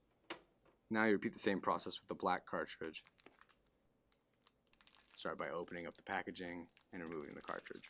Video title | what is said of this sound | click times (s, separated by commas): Unboxing and Setting Up the HP Deskjet 1010 Printer HP | push the cartridge all the way in until it snaps into place now | 0.3 s